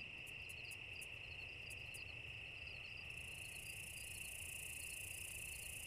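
Cicada call: an even, sustained high buzz with light rhythmic ticking above it and a brief run of clicks near the start.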